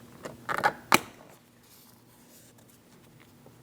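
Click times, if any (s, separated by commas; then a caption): 0.5 s, 0.9 s. A rear power window switch bezel on a 2003–2007 Cadillac CTS is lined up and pressed down into the door trim panel. Short plastic rustling is followed by retaining-tab clicks at 0.5 s and 0.9 s, the second the loudest, before it goes quiet. The switch panel snaps in and sits fully seated in the door panel.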